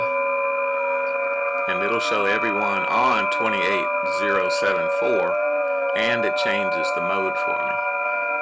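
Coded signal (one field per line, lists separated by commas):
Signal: FT8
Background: speech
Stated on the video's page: FT8 signals heard while hunting park activations from home, with the radio under rig control via Flrig.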